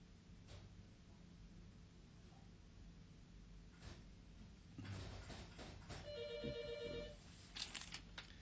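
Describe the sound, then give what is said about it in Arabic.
A telephone rings in a short electronic trill of bright, high-pitched pulses, heard alone over a steady background hiss and low hum, with some rustling just before it. “التليفون”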